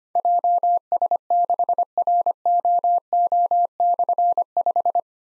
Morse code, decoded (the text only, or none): JS6ROO/5